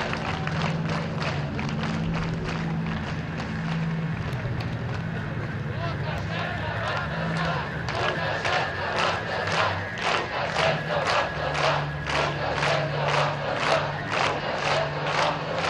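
Recorded at an ongoing protest in Belarus, a crowd roars continuously with overlapping shouting voices. From about eight seconds on, rhythmic clapping or chanting pulses arrive at a steady beat, roughly twice per second, over a low droning hum and sustained tones.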